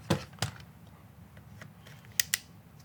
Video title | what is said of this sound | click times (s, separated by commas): Unity FAST Mounts - Why I No Longer Use ‘Em | you heard him click now the bipod's mounted right | 2.2 s, 2.3 s